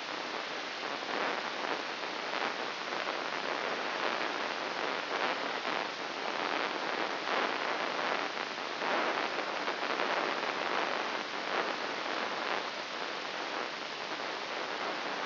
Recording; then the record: brain microelectrode recording played as sound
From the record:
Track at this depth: inside the subthalamic nucleus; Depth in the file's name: 2.604 mm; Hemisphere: right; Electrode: 3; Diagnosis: Parkinson's disease